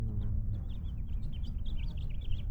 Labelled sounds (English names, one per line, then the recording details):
House Finch song
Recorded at Oceanside on Long Island, New York, on 17 June 1975
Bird C